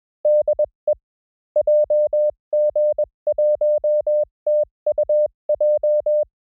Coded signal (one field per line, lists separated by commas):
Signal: Morse code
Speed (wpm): 21 wpm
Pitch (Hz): 600 Hz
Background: none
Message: DE JG1TUJ